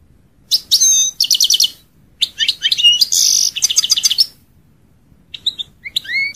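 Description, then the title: European goldfinch song: quick series of repeated metallic chirps and a buzzy note, then a pause followed by a few sparse whistled notes. "Chant Chardonneret"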